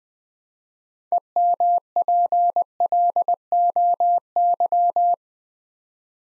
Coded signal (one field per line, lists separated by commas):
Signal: Morse code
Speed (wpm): 20 wpm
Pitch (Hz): 700 Hz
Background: none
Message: EMPLOY